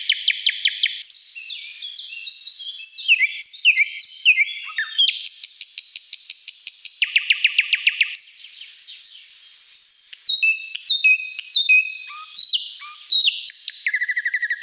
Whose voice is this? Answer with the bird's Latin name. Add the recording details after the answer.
Luscinia luscinia. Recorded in the wild. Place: Damtschik/Wolgadelta, RU. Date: 1995-05-16. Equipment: Dat-Recorder Casio DA 7, Telinga DAT, Telinga-Parabolspiegel. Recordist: Schwarz, Dieter